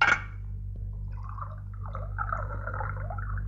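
A short clink at the start, then water gurgles and splashes as it is poured into a glass, a bubbling, wavering tone that keeps going over a steady low hum. The water is poured and drunk by a speaker giving a talk on paleontology.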